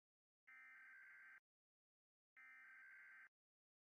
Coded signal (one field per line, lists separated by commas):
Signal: Emergency Alert System (SAME) tones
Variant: header bursts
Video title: Rating Eas Alarms Part 10